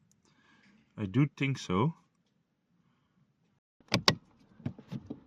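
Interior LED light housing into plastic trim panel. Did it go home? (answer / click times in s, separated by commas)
yes / 4.1 s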